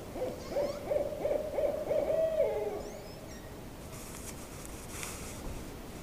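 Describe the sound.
Owl calling in a quick series of short hoots that run together into a drawn-out quavering note, followed by several seconds of faint background hiss.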